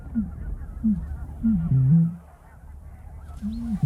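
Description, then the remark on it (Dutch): Eurasian bittern booming: a series of low, deep, hollow hoots recurring every second or so, with a stronger, longer boom near the middle, over a murmuring outdoor background with no talking. “Ja, die roodomp is een schitterende vogel.”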